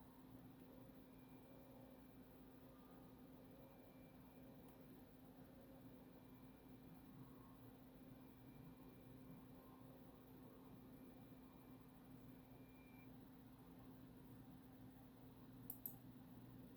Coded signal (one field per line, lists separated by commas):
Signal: FT8